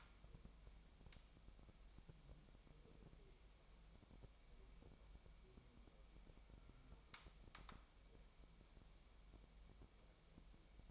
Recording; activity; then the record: daily activity, microphone in the room; wipe stove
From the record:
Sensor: 1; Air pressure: 1003.3 hPa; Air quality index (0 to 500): 200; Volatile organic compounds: 6 ppm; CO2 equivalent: 1915 ppm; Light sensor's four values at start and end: 8/19/8/9 and 8/19/8/9